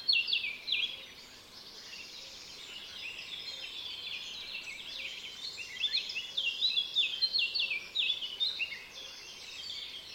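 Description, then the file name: Eurasian blackcap song: a continuous jumble of fast high chattering and twittering notes, louder at the start and again in the later part, over steady background noise. "Sylvia atricapilla"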